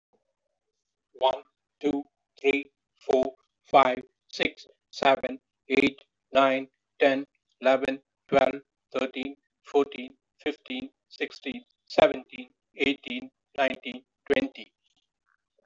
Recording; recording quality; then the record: counting at a normal pace; moderate, slight background noise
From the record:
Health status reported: respiratory illness, not identified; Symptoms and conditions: breathing difficulty, hypertension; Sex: male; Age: 56 years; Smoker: yes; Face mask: not worn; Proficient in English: yes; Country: India